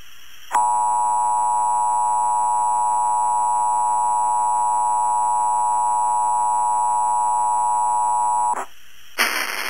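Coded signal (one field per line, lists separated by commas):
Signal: Emergency Alert System (SAME) tones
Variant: 853 and 960 Hz attention tone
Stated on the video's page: Valid EAS tones in a fictional mock scenario made for entertainment.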